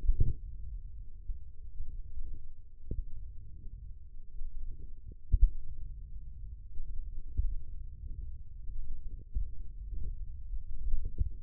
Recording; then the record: forearm muscle sounds (acoustic myography)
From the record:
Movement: wrist extension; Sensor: system 1, eight BSWA MPA416 microphones around the upper forearm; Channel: 3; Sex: male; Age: 20 years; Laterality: left